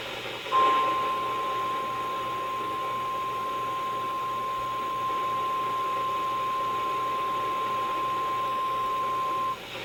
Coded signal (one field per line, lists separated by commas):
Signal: Emergency Alert System (SAME) tones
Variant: 1050 Hz attention tone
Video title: HAPPY 20TH BIRTHDAY... EAS Alerts from 10/7/21 (EAS #6,351 - 6,368)